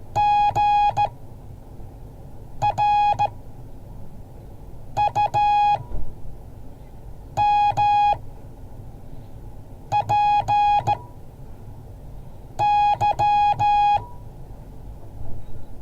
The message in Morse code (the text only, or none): GRUMPY